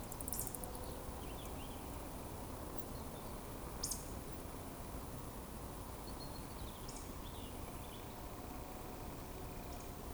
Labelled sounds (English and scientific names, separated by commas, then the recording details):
Eurasian Woodcock (Scolopax rusticola) whistle
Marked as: whistle, whistle, whistle, whistle
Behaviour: display flight
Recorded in Baden-Württemberg, Germany, on 25 June 2020 at 20:17 UTC
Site 24578, 122 m above sea level